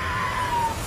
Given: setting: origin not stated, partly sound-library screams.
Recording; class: one-second piece from a danger detection set; woman in danger